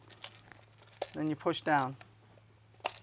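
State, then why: Seated. A plastic lock ring is pushed down onto a marine fuel filter housing on a boat during reassembly, with a few faint handling ticks early on while someone talks. A single sharp click at 2.9 s marks the ring seating onto the housing.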